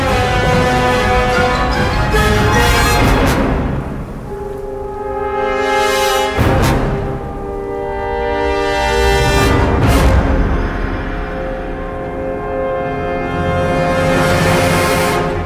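Epic music of long, held chords plays beneath the rushing sound of a snowstorm. Gusts of wind swell and hiss through it, surging near two, six and ten seconds, while a deep low rumble and the sustained tones carry on steadily throughout.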